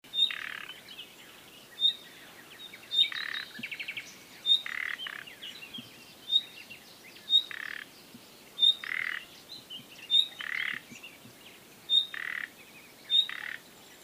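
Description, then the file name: Common nightingale giving repeated calls, each a thin high whistle often paired with a harsh grating croak, about every second. "Luscinia megarhynchos"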